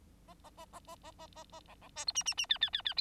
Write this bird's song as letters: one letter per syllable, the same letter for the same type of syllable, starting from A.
A A A A A A A A A B B C D E E E F F F F